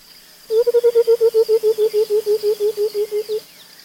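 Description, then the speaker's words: White-browed Coucal bubbling call, a rapid run of many low hollow notes lasting about three seconds. Sub-Saharan Africa; call likened to water running out of a bottle; usually from a dense thicket; most often heard at dawn and dusk. "call, likened to the sound of water running out of a bottle, is common in many parts of Africa."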